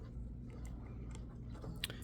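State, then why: Seated. A second keyed wiring harness plug, notched so it only fits one way, is pushed into its socket on the board of an arcade shooter kit. Faint small ticks and rubbing lead up to one sharp snap at 1.8 s as the plug seats in place.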